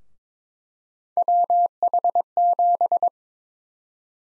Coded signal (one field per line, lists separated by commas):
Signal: Morse code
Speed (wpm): 22 wpm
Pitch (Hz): 700 Hz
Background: none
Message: WH7